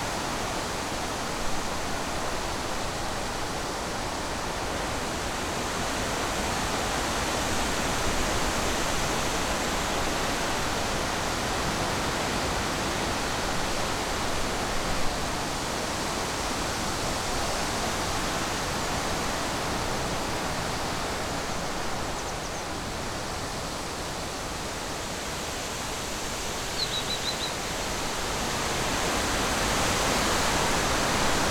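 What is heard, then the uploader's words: Strong wind rushes through a forest in a dense, steady roar that barely changes over the half minute, swelling slightly near the end. The sound is full and hissing, with a low rumble underneath and a faint bird chirp around twenty-seven seconds. Strong Winds in the Forest.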